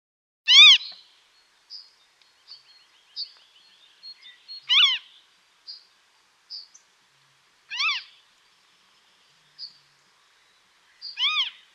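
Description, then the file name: Western marsh harrier giving short, sharp, mewing rise-and-fall calls, one every three to four seconds, with faint thin chirps in the quiet between. "blotniak stawowy"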